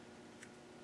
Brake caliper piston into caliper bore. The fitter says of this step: they usually just pop into place when they're right yeah there you go